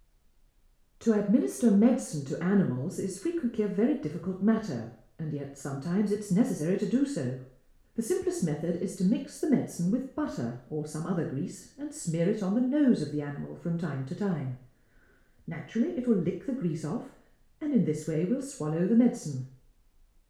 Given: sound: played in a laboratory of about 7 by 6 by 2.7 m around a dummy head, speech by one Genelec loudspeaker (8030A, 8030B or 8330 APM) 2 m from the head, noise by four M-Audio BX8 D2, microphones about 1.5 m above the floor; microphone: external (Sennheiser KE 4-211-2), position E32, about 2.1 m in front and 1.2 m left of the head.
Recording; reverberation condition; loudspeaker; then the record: female speech in English; medium; 30 degrees to the left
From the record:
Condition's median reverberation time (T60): about 510 ms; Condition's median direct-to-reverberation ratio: about -0.5 dB